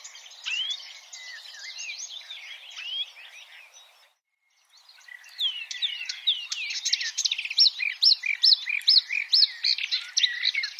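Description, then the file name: Marsh warbler song, a rapid chatter of slurred whistles and buzzes, a short pause near four seconds, then resuming with a rhythmic series of repeated rising notes. "suara-kicauan-burung-marsh-warbler omkicau"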